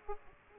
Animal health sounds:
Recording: mosquito wingbeat signal from an infrared sensor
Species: Aedes aegypti

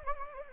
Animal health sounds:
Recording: mosquito wingbeat signal from an infrared sensor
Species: Anopheles gambiae

